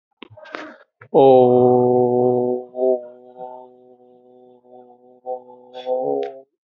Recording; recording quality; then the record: sustained vowel as in boot; excellent, no background noise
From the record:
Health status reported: healthy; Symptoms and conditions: cold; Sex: male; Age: 50 years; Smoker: not ticked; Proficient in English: yes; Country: India